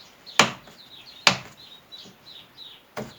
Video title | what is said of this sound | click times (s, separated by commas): CAR CHECK UP VIDEO [OIL, COOLANT, TIRES AND ELSE] | On most coolant bottles, the cap is made in such a way that once you tighten it to the end, it will click in place, so you're sure that it's tightened properly. | 0.4 s, 1.3 s